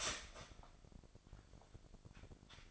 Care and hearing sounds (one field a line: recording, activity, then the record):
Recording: daily activity, microphone in the room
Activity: start toaster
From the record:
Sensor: 5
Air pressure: 1007.4 hPa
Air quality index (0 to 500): 124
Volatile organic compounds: 1 ppm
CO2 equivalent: 946 ppm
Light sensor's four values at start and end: 25/58/24/24 and 26/59/24/25